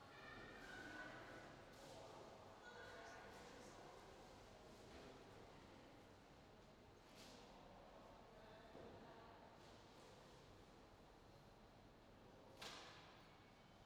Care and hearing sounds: everyday scene through a hearing-aid microphone; reverberant space; background noise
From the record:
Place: railway station hall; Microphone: in the ear canal, left

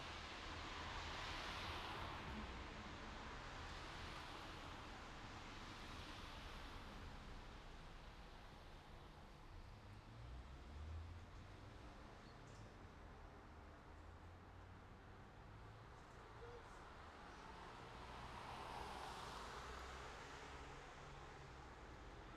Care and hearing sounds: everyday scene through a hearing-aid microphone; in traffic; traffic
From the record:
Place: city secondary road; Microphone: in the ear canal, left

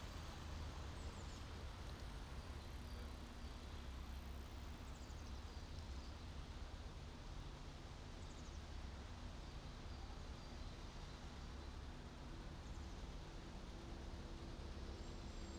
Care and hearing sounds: everyday scene through a hearing-aid microphone; in traffic; traffic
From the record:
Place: main city hub, rush hour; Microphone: in the ear canal, right

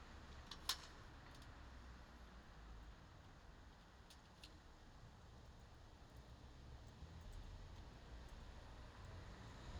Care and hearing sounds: everyday scene through a hearing-aid microphone; in traffic; traffic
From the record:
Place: bus stop on a city main road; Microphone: in the ear canal, left

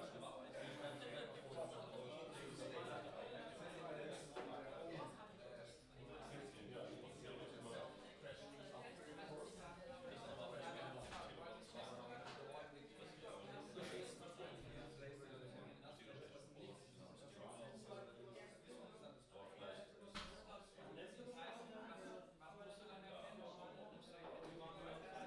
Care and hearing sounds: everyday scene through a hearing-aid microphone; many people talking; many voices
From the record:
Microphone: in the ear canal, left

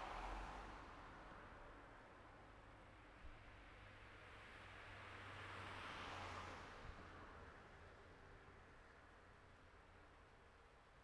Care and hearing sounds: everyday scene through a hearing-aid microphone; in traffic; traffic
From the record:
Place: city secondary road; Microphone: behind the ear, right, rear

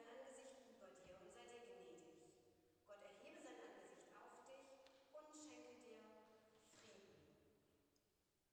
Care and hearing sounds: everyday scene through a hearing-aid microphone; reverberant space; speech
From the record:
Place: church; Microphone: in the ear canal, left

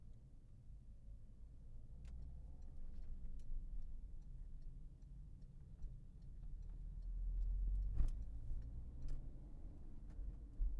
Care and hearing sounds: everyday scene through a hearing-aid microphone; in a vehicle; engine, highway driving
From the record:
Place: Berlingo II, diesel engine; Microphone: behind the ear, left, front

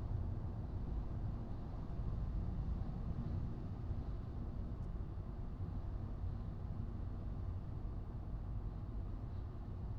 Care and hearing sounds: everyday scene through a hearing-aid microphone; in a vehicle; engine, highway driving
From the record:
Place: Skoda Fabia, gasoline engine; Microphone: in the ear canal, right

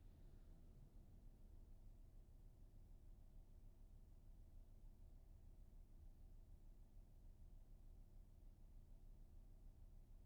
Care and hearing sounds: everyday scene through a hearing-aid microphone; in a vehicle; engine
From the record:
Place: VW T5 Caravelle, diesel engine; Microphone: behind the ear, right, rear

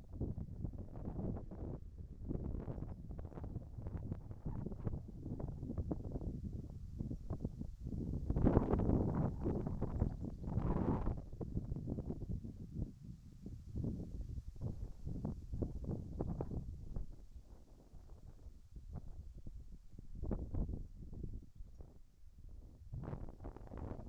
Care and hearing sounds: everyday scene through a hearing-aid microphone; wind on the microphone; wind, whistling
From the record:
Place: in front of a rural house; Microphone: behind the ear, right, front

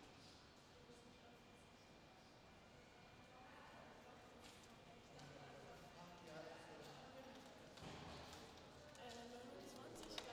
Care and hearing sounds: everyday scene through a hearing-aid microphone; reverberant space; background noise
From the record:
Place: railway station hall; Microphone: in the ear canal, left

